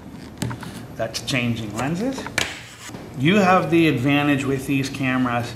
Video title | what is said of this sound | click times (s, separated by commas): 02 Removable parts 2a | twist it until it clicks | 0.4 s